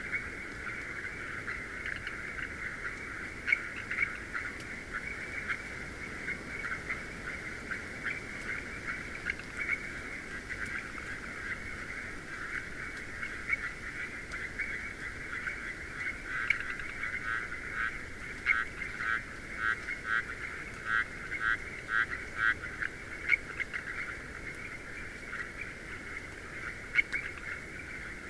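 A dense chorus of frogs in the hills keeps up a steady, high-pitched trilling band that never lets up across the recording. Faster pulsing calls stand out around the middle and again near the end, with occasional sharp clicks over a low background rumble.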